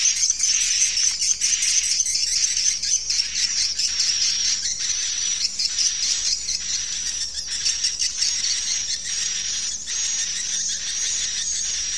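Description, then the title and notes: Swiftlet chirps, high and scratchy, pour out in a thick flock chorus, with frequent short bursts and a constant shrill ringing tone underneath. Swiftlet sound used for swiftlet farming, Asia. "Swiflet Bird Sound. Farming Swiflet Bird asia sound"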